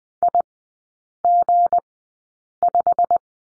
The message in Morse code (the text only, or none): IG5